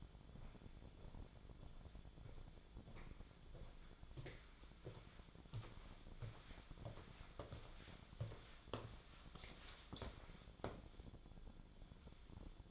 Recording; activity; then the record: daily activity, microphone in the room; walk to room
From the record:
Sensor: 5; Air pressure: 1010.2 hPa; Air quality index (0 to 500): 137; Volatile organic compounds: 3 ppm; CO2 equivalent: 1340 ppm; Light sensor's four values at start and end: 276/687/289/317 and 291/666/298/341